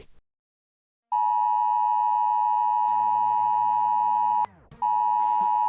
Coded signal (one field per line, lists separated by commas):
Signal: Emergency Alert System (SAME) tones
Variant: 853 and 960 Hz attention tone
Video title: Sun Shrinks (eas scenario)